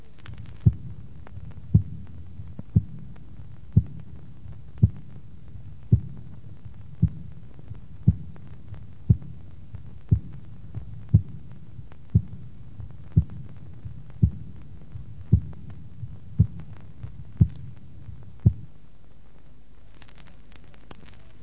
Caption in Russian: У больного с сифилитическим мезоортитом во втором межреберии справа от грудины. Наряду со слабым протодиастолическим шумом отмечается выраженный акцент второго тона.